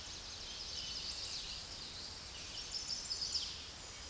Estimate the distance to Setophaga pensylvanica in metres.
about 35 m